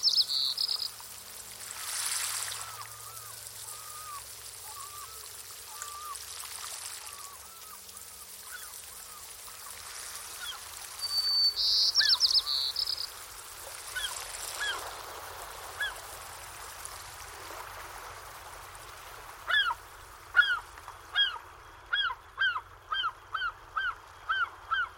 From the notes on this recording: From tropical forests to deserts to wetlands